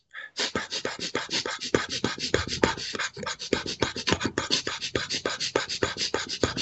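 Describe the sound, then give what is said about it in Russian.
Rapid, forceful holotropic breathing being demonstrated, working like a pump: a quick run of sharp, breathy huffs repeating several times a second for several seconds with no talking. “давайте мы сделаем так называемое холотропное дыхание. Вы знаете, что такое холотропное дыхание? Это быстрое резкое движение, ну, как вот я вообще показываю.”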